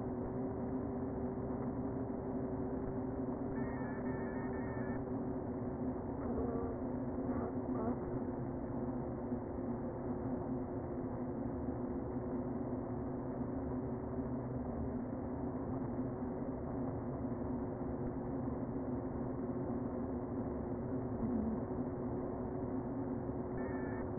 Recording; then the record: honeybee colony, microphone inside the hive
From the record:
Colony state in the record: queen present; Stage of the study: before two queens were removed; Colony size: about 60,000 bees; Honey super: yes